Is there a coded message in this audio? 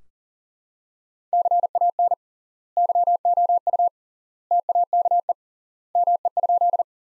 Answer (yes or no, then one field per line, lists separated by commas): yes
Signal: Morse code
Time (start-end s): 1.3-6.8 s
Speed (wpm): 40 wpm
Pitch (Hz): 700 Hz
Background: none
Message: CAN YOU TAKE ME?